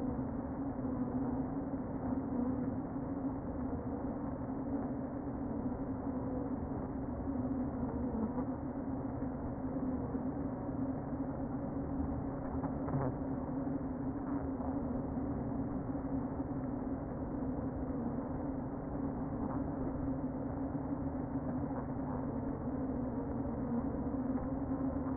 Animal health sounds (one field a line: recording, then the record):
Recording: honeybee colony, microphone inside the hive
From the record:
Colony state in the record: queen present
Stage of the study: before two queens were removed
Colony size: about 60,000 bees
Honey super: yes